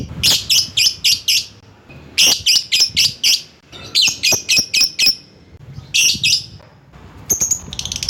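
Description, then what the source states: Lovebird calling in rapid bursts of shrill, piercing chirps, several notes per burst with short pauses between. Calling a rival.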